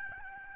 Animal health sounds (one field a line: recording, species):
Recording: mosquito wingbeat signal from an infrared sensor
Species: Aedes albopictus